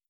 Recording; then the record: hydrophone in a shrimp aquaculture tank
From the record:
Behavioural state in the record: stressed